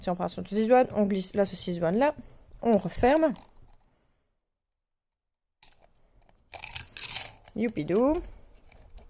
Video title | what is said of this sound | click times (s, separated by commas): Présentation de commandes clients - Découvrez les produits qu'ils ont choisis | on tourne, c'est clipsé. | 9.0 s